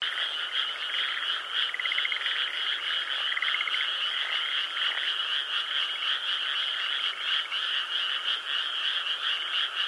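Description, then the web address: Frog chorus, a steady overlapping mass of rapid trilled croaks running throughout with brief stuttering bursts. Frogs at the Mabechigawa River. "Sound Effects-Foundation 1 ANIMALS FROGS MABECHIGAWA RIVER"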